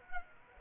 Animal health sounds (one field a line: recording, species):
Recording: mosquito wingbeat signal from an infrared sensor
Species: Culex pipiens